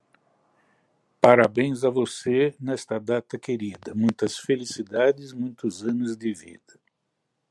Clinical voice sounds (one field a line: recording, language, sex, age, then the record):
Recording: short text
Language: Brazilian Portuguese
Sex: male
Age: 60 to 69 years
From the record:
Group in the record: control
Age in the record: 63 years